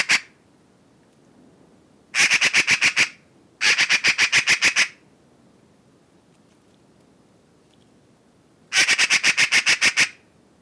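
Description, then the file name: Eurasian magpie making rattling chatter: quick runs of harsh, clipped notes in three main bursts, with a long quiet gap before the last. "eurasian magpie - pica pica"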